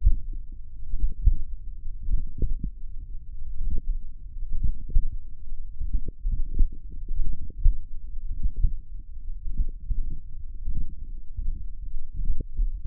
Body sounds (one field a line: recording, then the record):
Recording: forearm muscle sounds (acoustic myography)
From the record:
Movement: tripod grip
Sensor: system 1, eight BSWA MPA416 microphones around the upper forearm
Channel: 8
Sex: male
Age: 42 years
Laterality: right